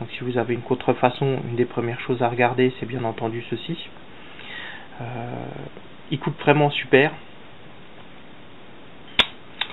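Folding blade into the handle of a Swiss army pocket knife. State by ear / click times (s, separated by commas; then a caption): seated / 9.6 s. Someone talks, then a blade is folded into the handle of a Swiss army pocket knife until it snaps into position on its spring. A small, sharp click is heard at 9.6 s, the recognisable sound that marks the knife as genuine, since fakes make little or no noise. The blade is seated.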